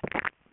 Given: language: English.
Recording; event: throat vibration sensor signal played as sound; swallow